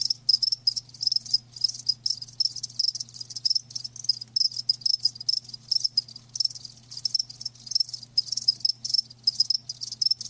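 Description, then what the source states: Dense, fast cricket chirping, high and rasping, nearly continuous with tiny breaks, with a low background hum. Live crickets chirping, a lulling song.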